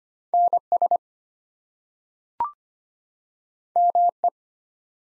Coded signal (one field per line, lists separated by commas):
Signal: Morse code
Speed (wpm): 25 wpm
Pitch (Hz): 700 Hz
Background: none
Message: NS ME